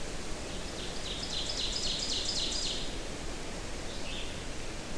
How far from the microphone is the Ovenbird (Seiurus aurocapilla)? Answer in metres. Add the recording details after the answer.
about 40 m. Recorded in boreal forest in Alberta, Canada, on 23 June 2016 at 08:12. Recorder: SongMeter 3, array SBT-6-76. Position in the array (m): 25 m, 104 m. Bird 2